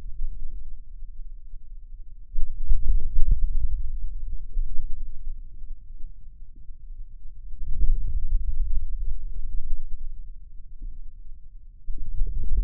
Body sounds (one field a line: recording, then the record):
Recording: forearm muscle sounds (acoustic myography)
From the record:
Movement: hand closing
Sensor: system 2, bracelet of six BSWA MPA416 microphones around the upper forearm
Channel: 6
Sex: male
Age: 22 years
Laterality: right